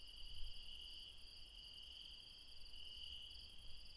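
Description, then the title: Insects keep up a shrill, unbroken trill in stacked tones, while low gusty rumbling rises and falls beneath them. Late night, mountains, Refuge Krevatia, Barbala, Dion, Greece. "Refuge Krevatia, Μπαρμπαλά, Dion 601 00, Greece - Late night mountain insects"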